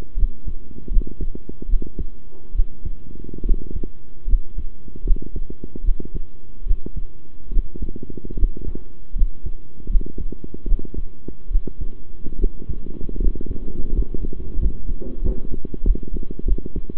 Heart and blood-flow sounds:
heart sounds by stethoscope; between the tricuspid and mitral areas; 77 bpm
0.16 s: heartbeat
0.90 s: heartbeat
1.68 s: heartbeat
2.54 s: heartbeat
3.44 s: heartbeat
4.27 s: heartbeat
5.04 s: heartbeat
5.83 s: heartbeat
6.65 s: heartbeat
7.51 s: heartbeat
8.36 s: heartbeat
9.15 s: heartbeat
9.89 s: heartbeat
10.66 s: heartbeat
11.50 s: heartbeat
12.38 s: heartbeat
13.19 s: heartbeat
13.92 s: heartbeat
14.58 s: heartbeat
15.21 s: heartbeat
15.83 s: heartbeat
16.45 s: heartbeat
From the record:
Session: rest, sitting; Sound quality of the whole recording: good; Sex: male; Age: 23 years

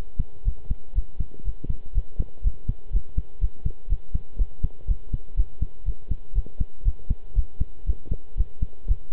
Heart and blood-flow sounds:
heart sounds by stethoscope; between the tricuspid and mitral areas; 121 bpm
0.45 s: heartbeat
0.95 s: heartbeat
1.45 s: heartbeat
1.94 s: heartbeat
2.43 s: heartbeat
2.92 s: heartbeat
3.41 s: heartbeat
3.89 s: heartbeat
4.38 s: heartbeat
4.87 s: heartbeat
5.36 s: heartbeat
5.85 s: heartbeat
6.35 s: heartbeat
6.85 s: heartbeat
7.36 s: heartbeat
7.86 s: heartbeat
8.37 s: heartbeat
8.88 s: heartbeat
From the record:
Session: pedaling a stationary bicycle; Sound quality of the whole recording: good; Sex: male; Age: 23 years

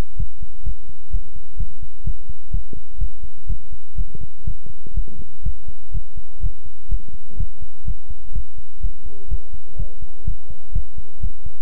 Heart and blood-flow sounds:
heart sounds by stethoscope; between the tricuspid and mitral areas; 125 bpm
0.17 s: heartbeat
0.63 s: heartbeat
1.10 s: heartbeat
1.57 s: heartbeat
2.04 s: heartbeat
2.51 s: heartbeat
2.98 s: heartbeat
3.47 s: heartbeat
3.95 s: heartbeat
4.44 s: heartbeat
4.94 s: heartbeat
5.43 s: heartbeat
5.91 s: heartbeat
6.40 s: heartbeat
6.88 s: heartbeat
7.37 s: heartbeat
7.85 s: heartbeat
8.32 s: heartbeat
8.80 s: heartbeat
9.28 s: heartbeat
9.76 s: heartbeat
10.24 s: heartbeat
10.72 s: heartbeat
11.20 s: heartbeat
From the record:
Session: pedaling a stationary bicycle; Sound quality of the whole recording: good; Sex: male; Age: 24 years

